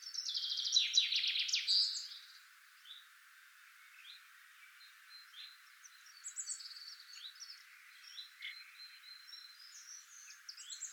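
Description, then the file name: Common chaffinch song: a single loud trilled phrase at the start, then quiet scattered high chirps and whistles. "Fringilla coelebs"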